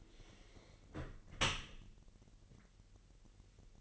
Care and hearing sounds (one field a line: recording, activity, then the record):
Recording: daily activity, microphone in the room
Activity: close dishwasher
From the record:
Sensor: 4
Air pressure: 1001.3 hPa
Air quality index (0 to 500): 248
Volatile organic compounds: 45 ppm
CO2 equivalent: 3226 ppm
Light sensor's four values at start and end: 8/18/7/6 and 8/18/7/6